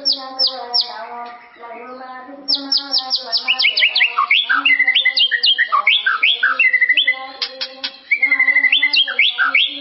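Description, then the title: White-rumped shama singing a rich sequence of clear falling whistles and quick repeated note runs, with brief pauses. "murai batu"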